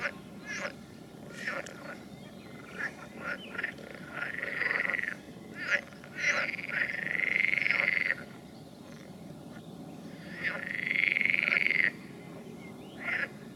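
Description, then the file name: Frogs giving short clicks that build into longer buzzy trills, three drawn-out rattling calls separated by pauses, with other frogs clicking throughout. "Nature Recordings - Frogs"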